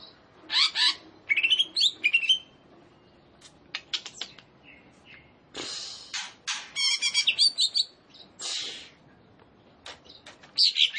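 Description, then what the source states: Greater Green Leafbird song of scattered high chirps, buzzy trills and dry clicks, with loud phrases alternating with softer, sparser notes. Singing vigorously and continuously (gacor).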